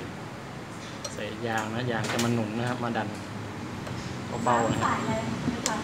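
A 40-inch Toshiba LCD TV fitted with its mounting brackets is lowered gently toward the metal locking latch on an adjustable DECCON wall-mount arm while someone talks, with a brief knock near 1.1 s and light handling sounds. Nothing has seated or clicked into the lock yet.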